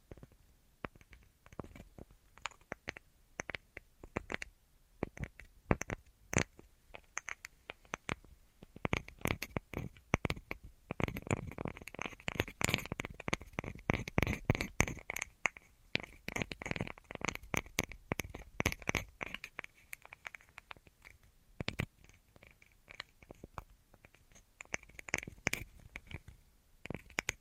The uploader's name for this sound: Tingliest Tapping Assortment